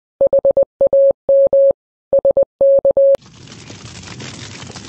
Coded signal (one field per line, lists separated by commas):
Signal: Morse code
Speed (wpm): 21 wpm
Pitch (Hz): 550 Hz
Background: none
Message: HAM SK